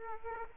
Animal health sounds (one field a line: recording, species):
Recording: mosquito wingbeat signal from an infrared sensor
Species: Aedes aegypti